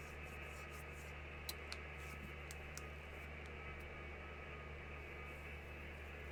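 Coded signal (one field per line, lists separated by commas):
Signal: FT8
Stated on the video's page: FT8 on-air activity in a QSO party to test rigs and antennas before Field Day.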